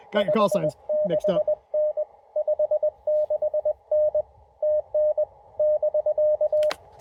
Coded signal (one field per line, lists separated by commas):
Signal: Morse code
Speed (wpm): 21 wpm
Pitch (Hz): 610 Hz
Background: speech, radio noise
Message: 56N 56N TN <BK>